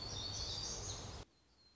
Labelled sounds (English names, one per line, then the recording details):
Black-throated Gray Warbler
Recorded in Sonoma County, California